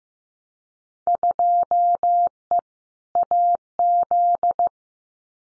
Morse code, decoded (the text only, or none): 2E AZ